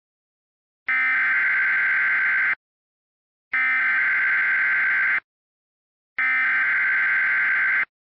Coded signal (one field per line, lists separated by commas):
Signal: Emergency Alert System (SAME) tones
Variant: header bursts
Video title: EAS Scenario #11: Icy Trouble